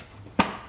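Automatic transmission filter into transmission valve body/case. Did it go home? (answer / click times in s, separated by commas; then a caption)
yes / 0.4 s. A new automatic transmission filter on a 2015–2020 Cadillac Escalade, its locating pin lined up with the hole, is pushed up into the transmission during a 50,000-mile service. A single sharp pop lands at 0.4 s against a quiet background. The filter seats in place.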